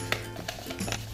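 The screw cap on an EZN Pudding hair dye mixing bottle, filled with both dye components, is screwed on tight and clicks shut at 0.1 s, seating the cap. Fainter taps follow around 0.5 s and 0.9 s over steady background music.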